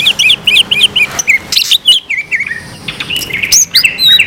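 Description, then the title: Leafbird song: rapid run of looping chirps and whistles, high-pitched and varied, some sweeping notes, in quick bursts. "CUCAK IJO"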